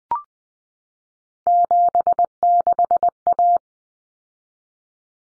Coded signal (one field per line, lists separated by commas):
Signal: Morse code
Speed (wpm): 20 wpm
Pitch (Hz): 700 Hz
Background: none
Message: 76A